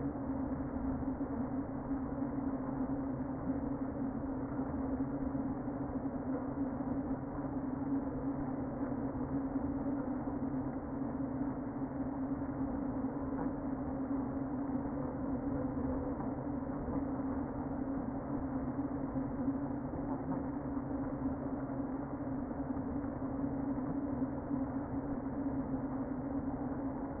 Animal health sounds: honeybee colony, microphone inside the hive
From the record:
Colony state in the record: queen present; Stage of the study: before two queens were removed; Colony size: about 60,000 bees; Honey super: yes

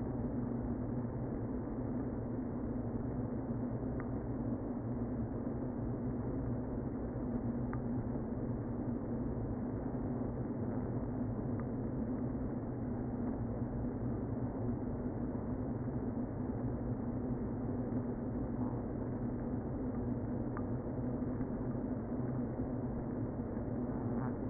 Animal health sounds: honeybee colony, microphone inside the hive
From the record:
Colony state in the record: queen present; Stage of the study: before two queens were removed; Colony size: about 60,000 bees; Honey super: yes

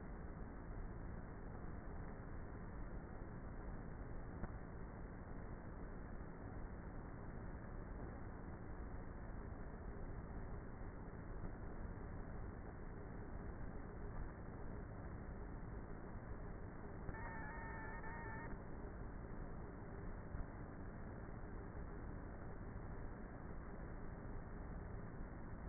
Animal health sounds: honeybee colony, microphone inside the hive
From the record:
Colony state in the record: queenless with a low population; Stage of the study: before two queens were removed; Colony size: about 30,000 bees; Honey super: no

